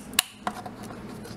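A plastic arm is popped into the shoulder socket of a Marvel Legends Mandroid build-a-figure torso from the Captain America series. One sharp, bright click sounds at 0.2 s, followed by a softer tick at about 0.5 s over low background noise. The arm is seated in the shoulder.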